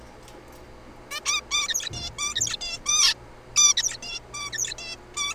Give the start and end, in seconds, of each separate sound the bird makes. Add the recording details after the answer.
1.11-1.20, 1.25-1.41, 1.51-1.68, 1.69-1.89, 1.93-2.10, 2.18-2.35, 2.35-2.56, 2.61-2.78, 2.85-3.14, 3.56-3.73, 3.77-3.98, 4.02-4.20, 4.33-4.74, 4.78-4.96, 5.17-5.34. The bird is a juvenile. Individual R3428